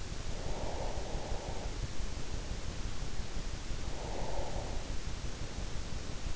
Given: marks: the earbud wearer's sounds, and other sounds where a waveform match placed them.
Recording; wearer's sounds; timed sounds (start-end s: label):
sounds in sleep by an in-ear microphone; breath
0.19-2.13 s: breath
3.61-5.25 s: breath